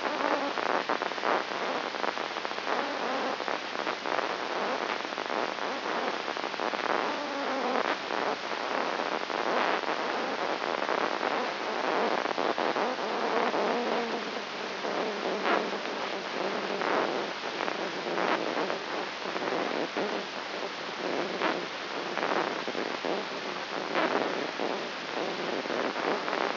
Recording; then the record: brain microelectrode recording played as sound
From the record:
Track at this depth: inside the subthalamic nucleus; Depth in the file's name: 1.704 mm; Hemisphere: left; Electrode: 3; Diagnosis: Parkinson's disease